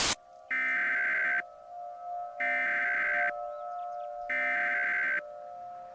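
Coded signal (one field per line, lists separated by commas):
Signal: Emergency Alert System (SAME) tones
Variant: header bursts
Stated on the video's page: Mock EAS alert, a simulated recreation.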